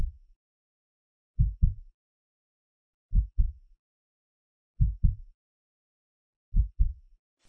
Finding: Heartbeat sound effect.